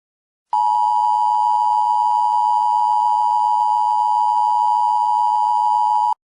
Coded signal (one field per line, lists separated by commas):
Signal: Emergency Alert System (SAME) tones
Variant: 853 and 960 Hz attention tone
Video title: EAS: Paranormal Emergency Follow Up